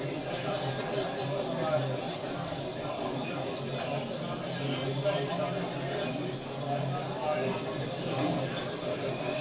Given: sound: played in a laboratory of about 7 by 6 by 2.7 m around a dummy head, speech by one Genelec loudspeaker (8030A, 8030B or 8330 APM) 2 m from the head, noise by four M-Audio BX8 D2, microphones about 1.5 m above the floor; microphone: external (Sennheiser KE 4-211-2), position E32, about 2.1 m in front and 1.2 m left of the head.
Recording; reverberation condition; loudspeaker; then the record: cafeteria noise; low; four, about 170 cm from the corners of the room and facing them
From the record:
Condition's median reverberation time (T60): about 310 ms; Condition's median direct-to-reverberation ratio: about 3.5 dB